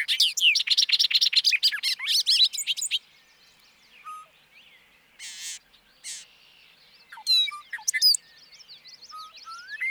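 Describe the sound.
Bobolink song, a rapid jumble of bright, tinkling notes for about three seconds, followed by scattered chirps and whistled notes.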